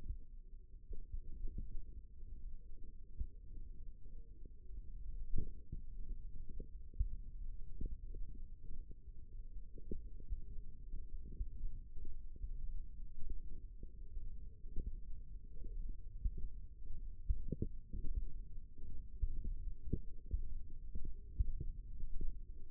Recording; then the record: forearm muscle sounds (acoustic myography)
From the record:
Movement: finger pinch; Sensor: system 1, eight BSWA MPA416 microphones around the upper forearm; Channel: 5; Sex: female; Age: 21 years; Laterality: right